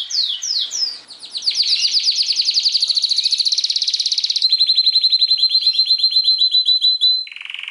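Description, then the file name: Canary song opening with three swooping whistles, then a long fast trill that shifts to a finer steady roll, ending on a lower buzz. Kenari trio masteran, a training recording for teaching songbirds. "kenari trio masteran omkicau"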